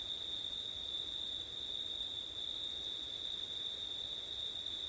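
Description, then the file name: Crickets trilling in a steady, unbroken high-pitched chorus with a fainter shimmering band above, continuing without pause throughout. Crickets recorded on a September night with wind. "crickets wind september night ortif"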